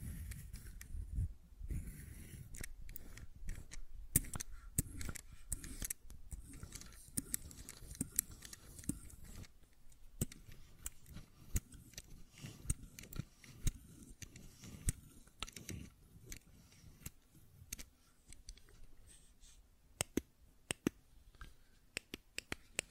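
Fidget cube clicks and taps come in uneven bursts, sharp snappy clicks scattered throughout with short pauses between runs. Some soft low thumps and rubbing noises sit under the first ten seconds, and the clicks grow sparser but sharper toward the end.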